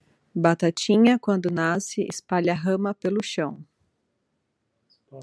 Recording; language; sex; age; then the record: short text; Brazilian Portuguese; female; 30 to 39 years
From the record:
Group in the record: control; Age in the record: 39 years